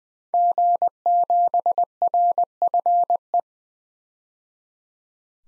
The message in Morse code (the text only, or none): G7RFE